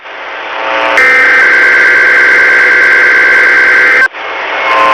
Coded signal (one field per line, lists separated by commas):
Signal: Emergency Alert System (SAME) tones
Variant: header bursts